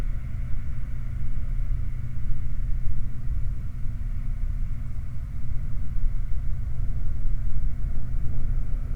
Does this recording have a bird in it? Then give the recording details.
no. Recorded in the Prudhoe Bay oil fields, Alaska, on 5 August 2019 at 11:43. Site 29